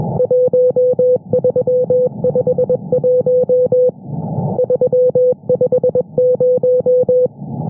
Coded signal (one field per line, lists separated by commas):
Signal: Morse code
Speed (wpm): 21 wpm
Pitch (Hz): 500 Hz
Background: music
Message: 1351 350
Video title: Intrusión diaria en 15 metros: 21,438 kHz CW, QTCs de "RCV"